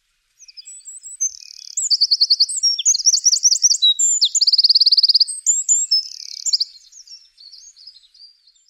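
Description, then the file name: Eurasian wren song, a loud rapid outpouring of high trills and sharp notes, several fast buzzy rattles strung together over about six seconds, fading into faint ticks. "Troglodytes troglodytes"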